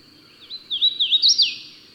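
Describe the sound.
Bird song: one brief phrase of wavering whistled notes that climbs, then slurs down, lasting about a second.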